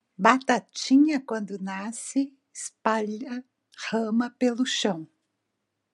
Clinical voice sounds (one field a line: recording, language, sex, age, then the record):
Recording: short text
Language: Brazilian Portuguese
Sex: female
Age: 60 to 69 years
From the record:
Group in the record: control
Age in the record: 61 years